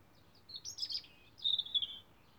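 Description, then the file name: European robin giving one short song phrase of rapid, high-pitched tinkling notes, against a quiet background. "Rotkehlchen"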